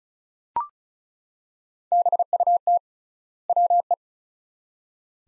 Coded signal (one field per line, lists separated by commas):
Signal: Morse code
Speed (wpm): 34 wpm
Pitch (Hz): 700 Hz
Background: none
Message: BUT WE